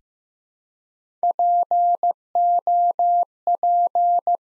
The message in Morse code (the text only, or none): POP